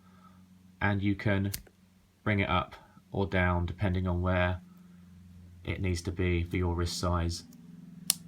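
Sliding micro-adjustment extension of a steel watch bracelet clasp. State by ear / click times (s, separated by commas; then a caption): seated / 8.1 s. Someone talks while adjusting the sliding micro-adjustment extension of the steel bracelet clasp on a 2017 Rolex Sea-Dweller "50th Anniversary", moving it to the wanted length for wrist size. The extension is pushed back and snaps into place with a sharp click at 8.1 s, seating it.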